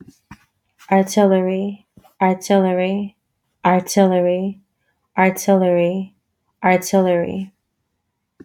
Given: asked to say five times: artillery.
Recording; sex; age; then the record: repeated word; female; 30 to 39 years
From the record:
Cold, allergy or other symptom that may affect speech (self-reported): no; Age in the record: 30 years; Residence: Florida, United States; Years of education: 12